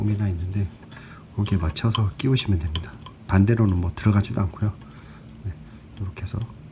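A keyed plastic cable connector is pushed toward its socket on the Z-axis wiring of an Ender-3 3D printer while someone talks, with a faint tick near 6.0 s. The clip ends before the connector goes home, and nothing has seated or clicked yet.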